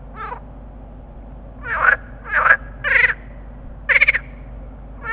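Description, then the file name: Water frogs calling in a loose chorus: one call, a quiet gap, then a run of loud, rattling, pulsed croaks over a low steady hum. Water frogs calling together in a chorus. "groenekikker roepkoor"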